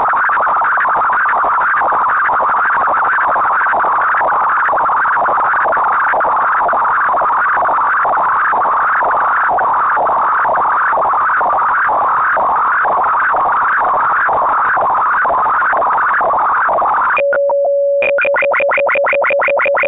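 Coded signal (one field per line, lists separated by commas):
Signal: fast PSK data mode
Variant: 8PSK1000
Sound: dense rasping data hiss for 17 seconds, then a steady low tone with quick rising chirpy tone steps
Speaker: ik heb dat nu in 8psk duizend achter de twee afbeeldingen geknoopt nou dat is nog aardig gelukt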